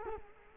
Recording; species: mosquito wingbeat signal from an infrared sensor; Culex quinquefasciatus